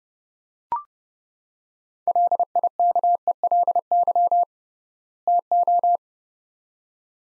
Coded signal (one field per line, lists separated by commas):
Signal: Morse code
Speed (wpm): 30 wpm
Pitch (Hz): 700 Hz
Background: none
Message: LIKELY TO